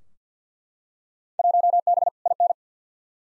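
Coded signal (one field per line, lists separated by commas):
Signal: Morse code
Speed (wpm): 50 wpm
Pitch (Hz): 700 Hz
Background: none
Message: 1B IN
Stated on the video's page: Field Day exchange head-copy drill sent at 50 wpm, each exchange sent, spoken, then sent again.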